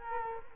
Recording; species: mosquito wingbeat signal from an infrared sensor; Culex quinquefasciatus